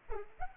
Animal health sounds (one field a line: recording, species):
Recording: mosquito wingbeat signal from an infrared sensor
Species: Culex pipiens